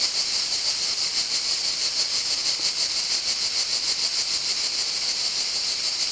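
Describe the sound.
Cicada call: an unbroken high sizzling drone with a faint rapid pulsing, holding steady in loudness.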